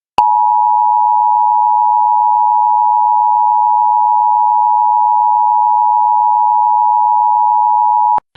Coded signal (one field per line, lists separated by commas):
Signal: Emergency Alert System (SAME) tones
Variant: 853 and 960 Hz attention tone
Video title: US Emergency Alert Systems 2026 (part 6)